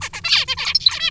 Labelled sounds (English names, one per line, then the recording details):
Zebra Finch song
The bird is a male
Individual mal5